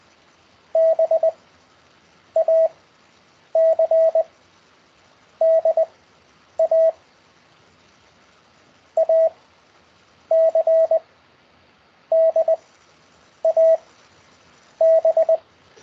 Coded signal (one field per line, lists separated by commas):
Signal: Morse code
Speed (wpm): 20 wpm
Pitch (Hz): 650 Hz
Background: none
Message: B A C D A A C D A B